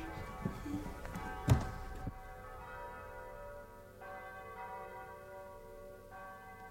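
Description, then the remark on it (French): A church bell tolls with a long, humming resonance, its layered harmonic overtones sustaining and slowly fading after a few soft knocks and a sharp thump near the start. “Vous écoutez les cloches ?”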